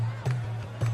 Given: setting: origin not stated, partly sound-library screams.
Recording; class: one-second piece from a danger detection set; normal situation